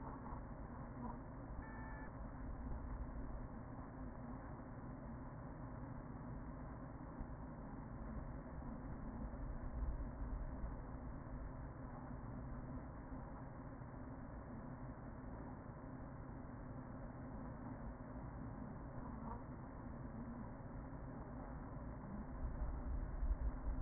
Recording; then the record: honeybee colony, microphone inside the hive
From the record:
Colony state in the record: queen present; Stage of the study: after two queens were removed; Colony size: about 40,000 bees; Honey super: no